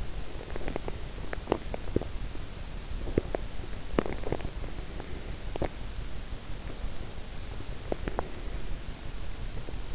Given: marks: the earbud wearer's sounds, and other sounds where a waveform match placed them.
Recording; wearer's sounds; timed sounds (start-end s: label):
sounds in sleep by an in-ear microphone; body movement
0.00-5.81 s: body movement